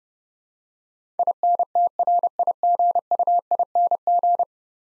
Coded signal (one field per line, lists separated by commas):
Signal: Morse code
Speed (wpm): 32 wpm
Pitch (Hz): 700 Hz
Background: none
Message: INTRIGUING